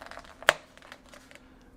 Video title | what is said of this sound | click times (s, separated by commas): Make Boba Tea at Home, Boba Milk Tea, Consistent Taste | Do you hear it click? | 0.5 s